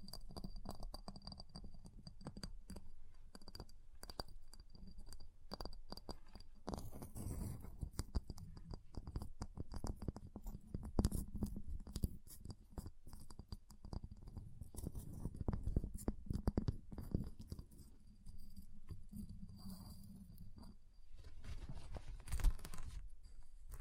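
Ice being tapped, scratched and carved, with dense, irregular clicks and scrapes running the full 24 seconds. A low rumbling hum sits underneath throughout, and a thin steady whine stays high above. The scraping turns brighter and harsher around 7 to 8 seconds and again near 22 seconds.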